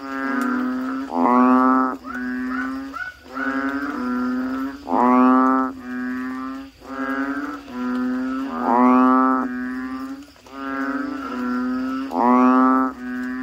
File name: suara kodok bangkong